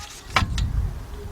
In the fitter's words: it up connect them with the plug you'll hear it click into place that's great